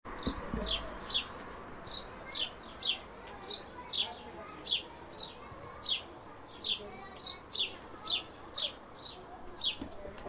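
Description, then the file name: House sparrow chirping: short bright chirps repeated steadily throughout, over a low, even background hiss. "Passer domesticus"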